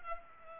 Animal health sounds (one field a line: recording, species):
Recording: mosquito wingbeat signal from an infrared sensor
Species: Culex pipiens